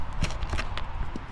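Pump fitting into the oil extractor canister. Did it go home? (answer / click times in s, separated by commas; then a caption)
yes / 0.8 s. During an oil change on a Mercedes CLK 500, an oil extractor pump is opened and its fitting is turned and pushed into the extractor canister. A quick series of short plastic-sounding knocks and clicks builds to the sharpest click at 0.8 s. The fitting locks in place and the pump is fully connected.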